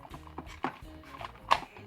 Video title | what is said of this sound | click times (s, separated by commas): G1 OMEGA SUPREME REVIEW WITH TRANSFORMATION AND COMPARISONS | pop them in place and then we're going to pop these bits here on and | 0.6 s, 1.5 s